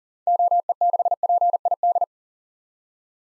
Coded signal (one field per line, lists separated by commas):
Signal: Morse code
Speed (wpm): 40 wpm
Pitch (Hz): 700 Hz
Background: none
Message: OE6PID